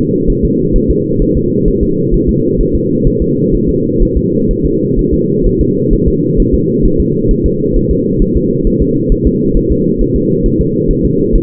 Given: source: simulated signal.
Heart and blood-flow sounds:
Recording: fetal heart sounds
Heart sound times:
0.30 s: S1
0.45 s: S2
0.76 s: S1
0.91 s: S2
1.22 s: S1
1.37 s: S2
1.68 s: S1
1.83 s: S2
2.14 s: S1
2.29 s: S2
2.61 s: S1
2.75 s: S2
3.07 s: S1
3.22 s: S2
3.55 s: S1
3.69 s: S2
4.03 s: S1
4.17 s: S2
4.51 s: S1
4.66 s: S2
4.99 s: S1
5.14 s: S2
5.47 s: S1
5.61 s: S2
5.93 s: S1
6.08 s: S2
6.40 s: S1
6.54 s: S2
6.86 s: S1
7.00 s: S2
7.31 s: S1
7.46 s: S2
7.77 s: S1
7.91 s: S2
8.22 s: S1
8.37 s: S2
8.67 s: S1
8.82 s: S2
9.12 s: S1
9.27 s: S2
9.57 s: S1
9.71 s: S2
10.01 s: S1
10.16 s: S2
10.46 s: S1
10.61 s: S2
10.91 s: S1
11.05 s: S2
11.35 s: S1
From the record:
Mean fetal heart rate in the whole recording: 130 bpm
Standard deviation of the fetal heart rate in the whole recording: 4 bpm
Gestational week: 38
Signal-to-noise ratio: -11.2 dB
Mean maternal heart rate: 72 bpm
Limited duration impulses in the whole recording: present

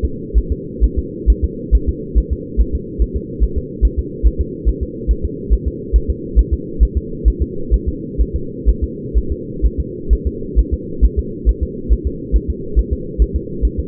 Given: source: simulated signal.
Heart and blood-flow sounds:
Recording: fetal heart sounds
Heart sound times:
0.04 s: S2
0.38 s: S1
0.52 s: S2
0.84 s: S1
0.99 s: S2
1.30 s: S1
1.44 s: S2
1.75 s: S1
1.89 s: S2
2.18 s: S1
2.32 s: S2
2.61 s: S1
2.75 s: S2
3.02 s: S1
3.16 s: S2
3.44 s: S1
3.58 s: S2
3.85 s: S1
3.99 s: S2
4.26 s: S1
4.41 s: S2
4.69 s: S1
4.83 s: S2
5.11 s: S1
5.25 s: S2
5.53 s: S1
5.68 s: S2
5.96 s: S1
6.10 s: S2
6.39 s: S1
6.53 s: S2
6.83 s: S1
6.97 s: S2
7.28 s: S1
7.42 s: S2
7.74 s: S1
7.88 s: S2
8.21 s: S1
8.36 s: S2
8.69 s: S1
8.84 s: S2
9.17 s: S1
9.32 s: S2
9.66 s: S1
9.80 s: S2
10.13 s: S1
10.27 s: S2
10.59 s: S1
10.73 s: S2
11.05 s: S1
11.19 s: S2
11.49 s: S1
11.63 s: S2
11.92 s: S1
12.07 s: S2
12.36 s: S1
12.50 s: S2
12.79 s: S1
12.93 s: S2
13.22 s: S1
13.36 s: S2
13.65 s: S1
13.79 s: S2
From the record:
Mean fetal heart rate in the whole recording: 135 bpm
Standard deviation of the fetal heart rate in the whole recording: 3 bpm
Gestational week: 34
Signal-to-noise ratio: -4.3 dB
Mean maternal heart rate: 72 bpm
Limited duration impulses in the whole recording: absent

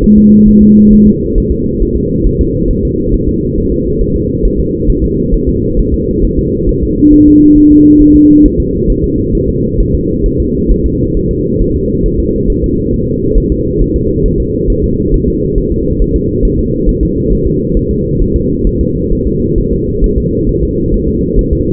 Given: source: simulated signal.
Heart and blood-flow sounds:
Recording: fetal heart sounds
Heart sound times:
0.04 s: S1
0.18 s: S2
0.48 s: S1
0.63 s: S2
0.93 s: S1
1.07 s: S2
1.38 s: S1
1.52 s: S2
1.82 s: S1
1.97 s: S2
2.27 s: S1
2.41 s: S2
2.71 s: S1
2.85 s: S2
3.14 s: S1
3.29 s: S2
3.58 s: S1
3.72 s: S2
4.01 s: S1
4.16 s: S2
4.45 s: S1
4.60 s: S2
4.90 s: S1
5.04 s: S2
5.34 s: S1
5.49 s: S2
5.79 s: S1
5.94 s: S2
6.24 s: S1
6.39 s: S2
6.69 s: S1
6.83 s: S2
7.13 s: S1
7.28 s: S2
7.58 s: S1
7.72 s: S2
8.02 s: S1
8.16 s: S2
8.46 s: S1
8.60 s: S2
8.90 s: S1
9.04 s: S2
9.35 s: S1
9.49 s: S2
9.80 s: S1
9.95 s: S2
10.26 s: S1
10.40 s: S2
10.71 s: S1
10.86 s: S2
11.17 s: S1
11.31 s: S2
11.62 s: S1
11.76 s: S2
12.06 s: S1
12.20 s: S2
12.50 s: S1
12.64 s: S2
12.94 s: S1
13.08 s: S2
13.38 s: S1
13.52 s: S2
13.81 s: S1
13.96 s: S2
14.26 s: S1
14.40 s: S2
14.70 s: S1
14.84 s: S2
15.14 s: S1
15.28 s: S2
15.58 s: S1
15.72 s: S2
16.02 s: S1
16.16 s: S2
16.45 s: S1
16.59 s: S2
16.89 s: S1
17.03 s: S2
17.32 s: S1
17.47 s: S2
17.77 s: S1
17.91 s: S2
18.21 s: S1
18.36 s: S2
18.67 s: S1
18.81 s: S2
19.12 s: S1
19.27 s: S2
19.58 s: S1
19.73 s: S2
20.04 s: S1
20.18 s: S2
20.49 s: S1
20.64 s: S2
20.94 s: S1
21.08 s: S2
21.39 s: S1
21.53 s: S2
From the record:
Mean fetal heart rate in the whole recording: 135 bpm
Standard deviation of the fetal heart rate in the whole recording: 3 bpm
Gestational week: 36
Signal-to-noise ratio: -10.2 dB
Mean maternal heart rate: 72 bpm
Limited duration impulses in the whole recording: present

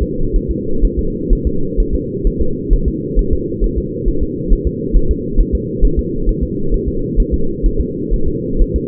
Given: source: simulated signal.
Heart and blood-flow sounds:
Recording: fetal heart sounds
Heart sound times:
0.02 s: S2
0.36 s: S1
0.51 s: S2
0.85 s: S1
0.99 s: S2
1.33 s: S1
1.47 s: S2
1.80 s: S1
1.95 s: S2
2.27 s: S1
2.42 s: S2
2.73 s: S1
2.88 s: S2
3.19 s: S1
3.33 s: S2
3.64 s: S1
3.78 s: S2
4.08 s: S1
4.23 s: S2
4.53 s: S1
4.67 s: S2
4.97 s: S1
5.11 s: S2
5.40 s: S1
5.55 s: S2
5.85 s: S1
5.99 s: S2
6.29 s: S1
6.43 s: S2
6.74 s: S1
6.88 s: S2
7.20 s: S1
7.34 s: S2
7.66 s: S1
7.81 s: S2
8.14 s: S1
8.28 s: S2
8.62 s: S1
8.76 s: S2
From the record:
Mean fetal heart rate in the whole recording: 130 bpm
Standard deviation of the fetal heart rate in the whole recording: 4 bpm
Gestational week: 38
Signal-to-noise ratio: -8.1 dB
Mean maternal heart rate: 72 bpm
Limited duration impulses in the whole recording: present

